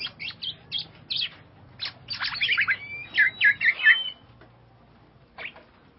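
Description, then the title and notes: Bird chirps: a quick series of short high notes, then a denser run of warbled notes in the middle, then quiet with one last chirp near the end. "Bird Sound. Kicau Burung Lengkap"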